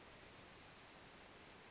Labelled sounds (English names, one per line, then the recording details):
Western Flycatcher
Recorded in Sonoma County, California